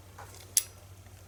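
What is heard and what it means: A 1/2 inch click-type torque wrench set to 15 ft-lb, on an extension with a 1/2 to 3/8 inch reducer, tightens a new AC Delco 41-108 spark plug into the aluminium cylinder head of a Chevy Equinox 2.4L Ecotec engine. A faint soft sound at 0.2 s is followed by a single sharp, loud click at 0.6 s over a steady low hum. The wrench clicks at its 15 ft-lb setting.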